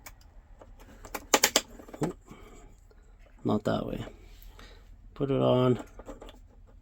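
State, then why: Not seated. A Command 4+ control part is handled and fitted onto a tractor switch the right way round while someone talks. Sharp handling taps cluster around 1.3–1.6 s amid soft rustling. Nothing has seated or clicked into place yet.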